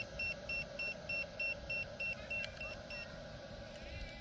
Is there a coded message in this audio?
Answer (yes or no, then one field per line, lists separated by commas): no